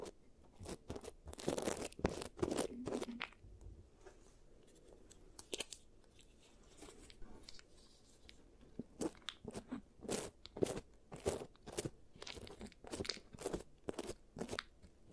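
ASMR giant teeth treatment sounds: sharp crunching clicks and crackles, a dense burst early on, then irregular taps every second or so.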